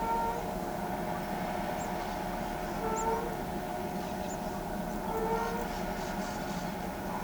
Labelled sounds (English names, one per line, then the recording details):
none
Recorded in pastures near Pivijay, Magdalena, Colombia, on 16 April 2023 at 16:00
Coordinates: 10.456, -74.369
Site P6-G026